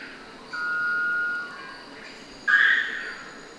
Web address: sound white-bellbird. صدای-پرنده-بلبرد-شکم-سفید